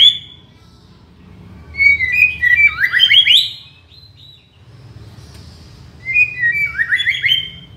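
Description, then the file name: White-rumped shama song: two loud phrases of rapid, descending slurred whistles about four seconds apart, with quiet hissy notes and a low hum between. Borneo. "murai batu borneo"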